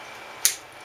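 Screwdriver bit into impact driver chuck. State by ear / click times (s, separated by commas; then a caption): not seated / none. A screwdriver bit with no locking groove is pushed into an impact driver's quick-release chuck, making a single sharp metallic knock at 0.5 s as it slides in. The bit fits but does not lock, and nothing has seated or clicked into place.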